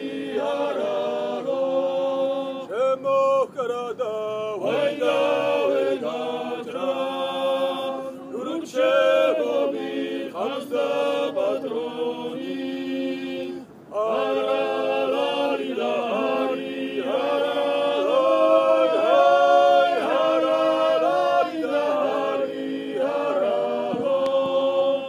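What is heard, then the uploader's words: A throaty tenor voice sings with other lighter voices joining in, the lines moving in held, wavering notes with quick shifts between them. The singing is dense and continuous, dipping briefly around fourteen seconds before swelling again through to the end. Kartlis Deda, the Mother of Georgia in Tbilisi. A throaty tenor danced across the inky night, joined moments later by a chorus of lighter voices. The disembodied voices echoed across the cool night.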